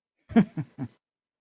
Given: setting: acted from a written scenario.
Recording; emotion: vocal sound without words; pride